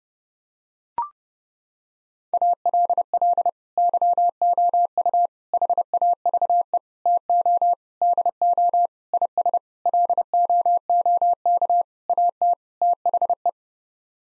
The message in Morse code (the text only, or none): ALL YOU HAVE TO DO IS LOOK AT THE